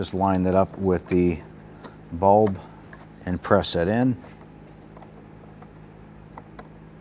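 On a 1994-2004 Ford Mustang, during a front bumper cover replacement, the corner light harness connector is lined up with the bulb and pressed in. Someone talks for the first four seconds, followed by a few faint, short handling ticks near 5.0, 5.6, 6.4 and 6.6 seconds. Nothing has seated or clicked yet.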